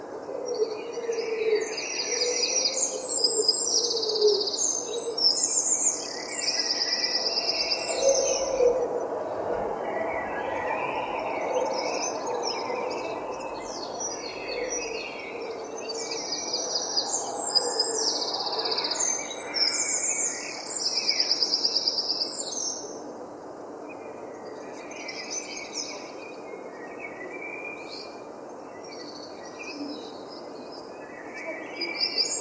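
A London dawn chorus of birds, with bright, overlapping song phrases repeating densely through the first twenty seconds or so. Lower chirps and warbles sit beneath, and a steady hum of background noise continues. After about 22 seconds the singing thins and turns quieter.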